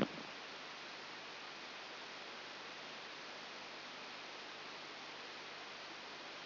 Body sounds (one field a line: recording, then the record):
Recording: brain microelectrode recording played as sound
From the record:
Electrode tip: outside the subthalamic nucleus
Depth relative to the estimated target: -4 mm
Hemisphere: right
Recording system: AlphaMap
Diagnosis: Parkinson's disease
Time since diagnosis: 8 years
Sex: male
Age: 57 years